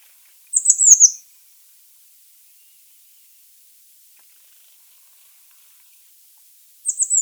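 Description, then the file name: Eurasian blue tit: one high, thin, falling trill near the start and another at the end, with silence between. "Cyanistes caeruleus"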